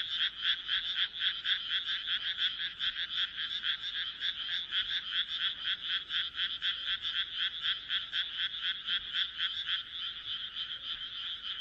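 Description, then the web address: Frog: quick, evenly pulsed croaks, about four a second, sustained throughout. "kaeru kaeru"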